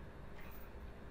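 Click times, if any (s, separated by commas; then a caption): none. A black plastic cap is handled against the wheel hub of a pet stroller while being pressed into place. Only low, steady handling noise and faint rustle are heard across the short clip, with no sharp transient. Nothing has seated or clicked yet.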